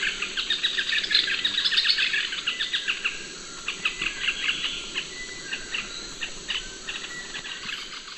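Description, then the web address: Yellow-billed nunbird group calling, a dense chatter of overlapping sharp chirps that is loudest early and thins out later, over a steady high insect drone. Group calls; eastern lowlands of South America. "Natures Songs S America Eastern Lowlands. Monasa flavirostris, group calls"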